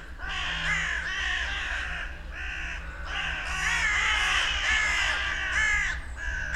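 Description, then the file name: Carrion Crow calls, harsh nasal caws running together almost without pause, with a steady low hum underneath. "Corvus corone"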